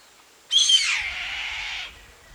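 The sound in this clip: Bird giving one long, harsh screech that starts strident and high, then drops into a raspy, fading tail.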